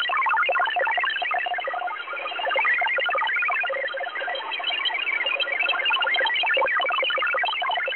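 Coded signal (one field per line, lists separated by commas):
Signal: multi-tone FSK (Olivia or MFSK type)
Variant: XPB 16-tone MFSK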